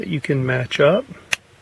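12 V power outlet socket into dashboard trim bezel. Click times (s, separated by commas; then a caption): 1.3 s. Someone talks as a 12 V power outlet socket for a Ford Explorer is slid into its dashboard trim bezel with its groove matched to the key. It is pushed home with one loud, sharp click at 1.3 s, and the outlet housing pops into place and is seated.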